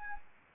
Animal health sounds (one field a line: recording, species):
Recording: mosquito wingbeat signal from an infrared sensor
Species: Anopheles arabiensis